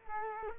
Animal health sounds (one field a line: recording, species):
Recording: mosquito wingbeat signal from an infrared sensor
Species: Culex quinquefasciatus